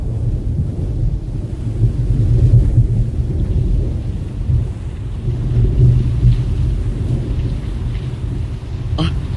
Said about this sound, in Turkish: Yağmura bakın. Ne kadar şiddetli yağıyor böyle. Gökyüzünden sel boşandı sanki.